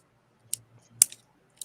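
Plastic armor panels on a transforming toy figure's body are swivelled to the front and click into place, with sharp, bright clicks at 0.5 s and a louder one at 1.0 s. A fainter tick follows at 1.6 s over a quiet low hum. The panels are seated.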